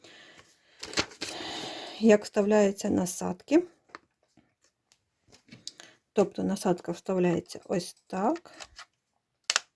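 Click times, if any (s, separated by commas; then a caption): 9.5 s. A plastic guide comb attachment is pushed onto the head of a Philips Hairclipper series 3000 HC3525/15 hair clipper while someone talks, with a few soft handling rustles in between. A sharp click at 9.5 s marks the comb seating in place on the clipper head.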